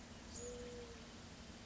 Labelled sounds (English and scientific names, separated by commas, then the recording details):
Mourning Dove (Zenaida macroura)
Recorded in Sonoma County, California